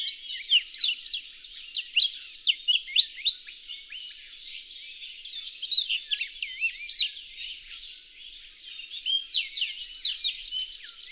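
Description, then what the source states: Reunion olive white-eye song: thin, high twittering notes, slurred up and down, in loose phrases with softer stretches between. Song (kicau).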